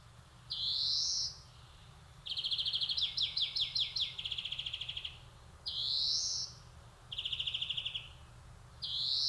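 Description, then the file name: European greenfinch alternating nasal upslurred wheezes with trills; one long stuttering, rattling trill of about two seconds sits between shorter twitters and wheezes. "Chloris chloris"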